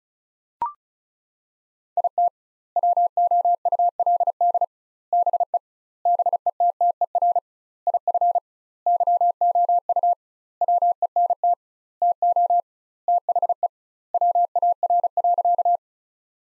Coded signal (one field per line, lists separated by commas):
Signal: Morse code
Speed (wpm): 36 wpm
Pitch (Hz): 700 Hz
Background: none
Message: IT WOULD BE BETTER IF YOU WENT TO THE WAR.